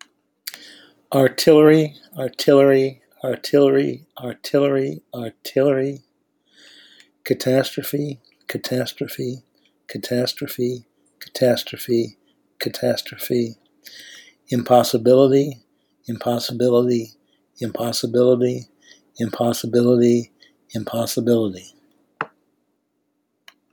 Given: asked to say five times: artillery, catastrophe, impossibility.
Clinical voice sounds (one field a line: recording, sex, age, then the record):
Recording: three words, each repeated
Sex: male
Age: 70 to 79 years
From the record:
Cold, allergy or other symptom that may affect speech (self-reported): no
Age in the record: 70 years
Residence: Louisiana, United States